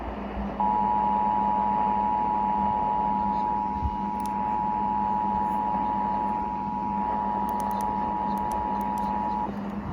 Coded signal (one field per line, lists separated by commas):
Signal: Emergency Alert System (SAME) tones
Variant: 853 and 960 Hz attention tone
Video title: EAS #974 OH RMT on WLW-AM